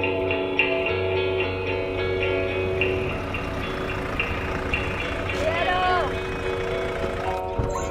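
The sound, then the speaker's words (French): A car pulls up, its engine a steady low hum with droning tonal layers, and a brief rising and falling whine near the end before it cuts off. “Aujourd'hui, troisième épisode, on arrive en voiture.”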